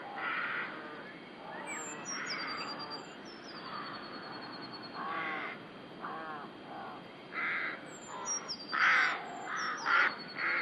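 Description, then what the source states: Rooks cawing, harsh grating caws overlapping from several birds in uneven bursts, with thin high whistled chirps from other birds above. Rook colony (rookery) in the UK.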